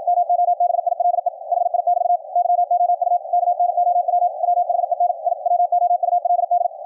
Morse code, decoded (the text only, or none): MOBILE HI <BT> YOU KNOW WHEN I WOULD